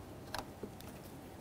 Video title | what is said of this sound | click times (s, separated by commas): How to Replace MAP Sensor 2006-2012 Ford Fusion 3.0L V6 | press it in listen for a click give it a tug to make sure it's completely secure | 0.3 s